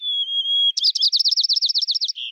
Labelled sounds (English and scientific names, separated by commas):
White-crowned Sparrow (Zonotrichia leucophrys) song